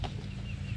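A drain plug is handled at an opening in an interlocking plastic floor tile, with a steady low hum and faint high tonal streaks, plus a brief louder burst near the start. Nothing has seated or clicked yet.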